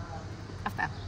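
A replacement battery is being pushed into a medical device, likely a defibrillator, after the old, depleted battery was taken out. Someone talks briefly over a low background hum, with short bursts of handling noise around 0.7 s and 0.8 s. The battery has not seated or clicked in yet by the end of the clip.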